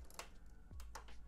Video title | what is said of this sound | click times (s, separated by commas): Silhouette Cameo 4 Machine Features - Everything you need to know | sometimes you will hear a snap sometimes you may not hear a snap but right now our number one blade has been installed and it's locked in | 0.2 s